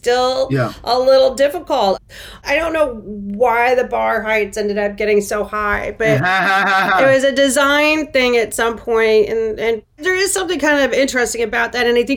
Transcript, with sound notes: a little difficult.
I don’t know why the bar heights ended up getting so high. (laughs) It was a design thing at some point, and there, there is something kind of interesting about that